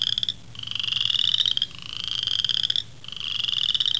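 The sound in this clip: Frog calling with buzzy pulsed trills, each lasting about a second and separated by short pauses, several in succession.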